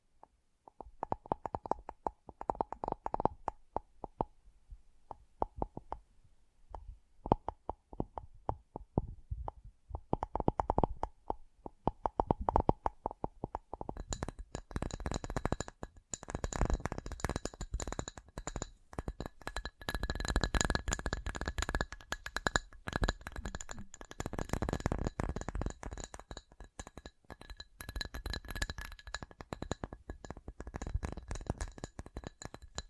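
Tapping in quick, uneven bursts of sharp clicks, with a faint higher tone running through the first half. Around fifteen seconds the taps turn brighter and more crowded, with thin ringing tones and a bright clinking edge up to the end.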